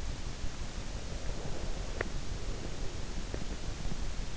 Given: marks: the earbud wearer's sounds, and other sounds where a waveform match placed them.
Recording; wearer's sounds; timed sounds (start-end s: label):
sounds in sleep by an in-ear microphone; breath
0.97-3.90 s: breath